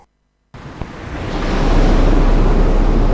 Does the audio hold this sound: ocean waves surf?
yes